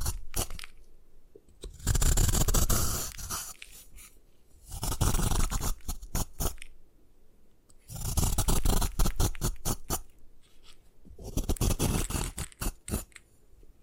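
Gym chalk being crushed and scraped in four bursts of crunching, each lasting one to two seconds, with short quiet gaps between. The crumbling is dense and gritty, full of fine crackles and rough scraping, with brief clicks and taps in the pauses.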